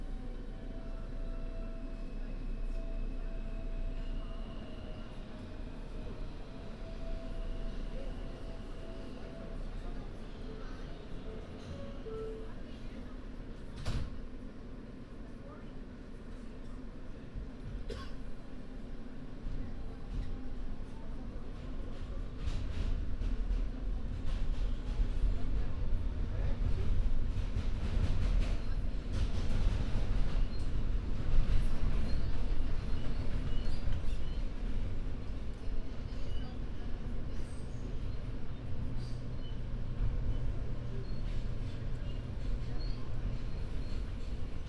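A binaural recording on the move from Sunset Park to Harlem, dominated by a steady low rumble like a train in motion. Faint tones and scattered clicks come and go, and the rumble grows louder and rougher after about twenty seconds.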